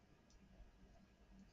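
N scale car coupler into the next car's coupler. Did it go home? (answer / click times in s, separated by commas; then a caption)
no / none. An N scale model train car's coupler is pushed against the next car's coupler, with only faint, quiet low rustling and soft ticking and no distinct click. The coupler fails to latch, so nothing has seated or clicked yet, likely because a car is not sitting on the track properly.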